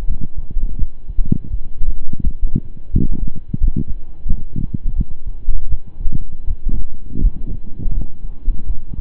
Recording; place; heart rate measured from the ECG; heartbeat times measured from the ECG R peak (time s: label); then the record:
heart sounds by stethoscope; between the tricuspid and mitral areas; 84 bpm
0.05 s: heartbeat
0.76 s: heartbeat
1.48 s: heartbeat
2.21 s: heartbeat
2.91 s: heartbeat
3.58 s: heartbeat
4.25 s: heartbeat
4.93 s: heartbeat
5.67 s: heartbeat
6.45 s: heartbeat
7.19 s: heartbeat
7.91 s: heartbeat
8.64 s: heartbeat
From the record:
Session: slow and fast walking with breaks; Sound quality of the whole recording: saturated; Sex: male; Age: 25 years